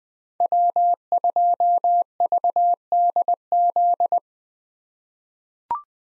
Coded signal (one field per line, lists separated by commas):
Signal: Morse code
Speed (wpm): 20 wpm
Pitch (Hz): 700 Hz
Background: none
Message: W2VDZ